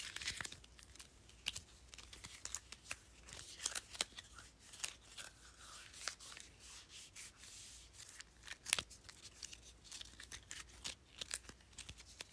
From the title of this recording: Flipping and tapping sticky notes